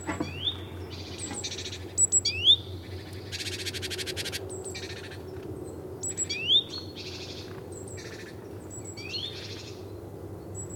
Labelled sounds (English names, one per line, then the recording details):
Great Tit call
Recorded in the wild
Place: Venz, Insel Rügen, Mecklenburg-Vorpommern, DE
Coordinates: 54.497, 13.302
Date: 1975-02-22
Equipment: Nagra III BH, Sennheiser MD 21, parabola
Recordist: Schubert, Michael